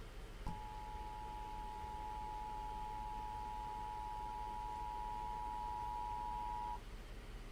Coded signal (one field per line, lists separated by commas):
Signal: Emergency Alert System (SAME) tones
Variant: 853 and 960 Hz attention tone